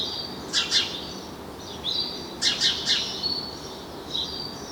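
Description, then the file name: House Sparrow calling: a pair and then a trio of sharp chirps about two seconds apart, with faint thin notes trailing after each group. "Passer domesticus"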